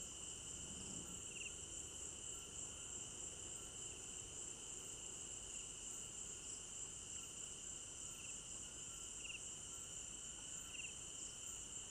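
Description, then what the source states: Cricket chorus of unbroken high trills, with brief chirpy notes popping out of the lower insect tone a few times. Crickets at night in an African village garden; stereo binaural recording.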